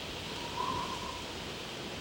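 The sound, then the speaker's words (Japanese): A steady, hissing rush of turbulent wind ahead of a coming storm, in a Tales of Symphonia drama CD, fills the whole stretch, swelling slightly early on as a faint whistling tone rises briefly above the noise before settling back into an even roar. “風が乱れている。”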